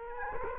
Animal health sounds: mosquito wingbeat signal from an infrared sensor; Culex quinquefasciatus

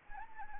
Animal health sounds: mosquito wingbeat signal from an infrared sensor; Anopheles arabiensis

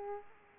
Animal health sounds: mosquito wingbeat signal from an infrared sensor; Aedes aegypti

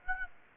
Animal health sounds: mosquito wingbeat signal from an infrared sensor; Aedes aegypti

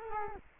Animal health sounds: mosquito wingbeat signal from an infrared sensor; Culex quinquefasciatus

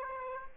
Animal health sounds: mosquito wingbeat signal from an infrared sensor; Aedes aegypti

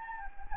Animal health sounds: mosquito wingbeat signal from an infrared sensor; Anopheles gambiae

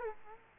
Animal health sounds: mosquito wingbeat signal from an infrared sensor; Culex quinquefasciatus

